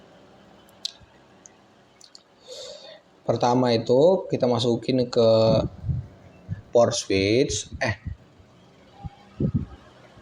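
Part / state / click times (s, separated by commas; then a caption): RJ45 cable plug into network switch port / not seated / none. The first end of a UTP cable's RJ45 plug is handled at a network switch port while someone talks, with a few faint ticks and handling noises early on. The plug has not seated or clicked into the port yet.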